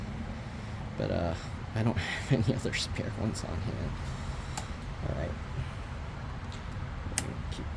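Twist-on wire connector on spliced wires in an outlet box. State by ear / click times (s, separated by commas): seated / 7.2 s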